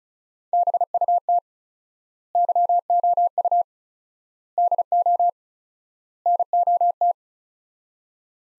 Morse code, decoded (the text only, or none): BUT YOU DO NOT